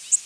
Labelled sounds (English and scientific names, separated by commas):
Worm-eating Warbler (Helmitheros vermivorum) flight call